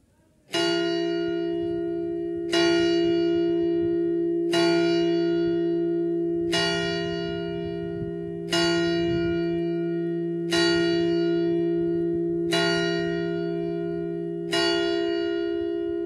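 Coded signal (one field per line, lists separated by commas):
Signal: clock strike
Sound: single church bell struck slowly, eight strokes about two seconds apart, each ringing on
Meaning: The bell strikes the hour, announcing noon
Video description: [0:23] Segnale orario delle 12.00 sulla I e distesa della stessa per l'Angelus feriale del 5/9/2023.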